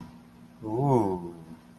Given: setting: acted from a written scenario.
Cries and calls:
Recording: vocal sound without words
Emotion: desire

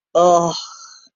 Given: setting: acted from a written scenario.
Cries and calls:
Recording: vocal sound without words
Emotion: contempt

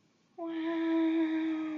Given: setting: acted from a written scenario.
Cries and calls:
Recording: vocal sound without words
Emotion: sympathy

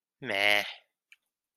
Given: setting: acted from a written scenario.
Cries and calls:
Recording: vocal sound without words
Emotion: neutral

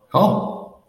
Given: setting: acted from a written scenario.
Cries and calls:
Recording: vocal sound without words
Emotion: positive surprise

